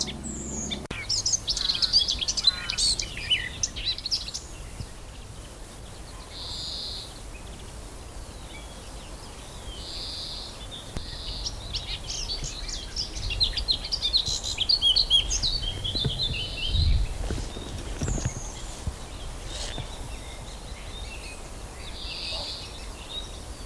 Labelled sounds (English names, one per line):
Eurasian Blackcap song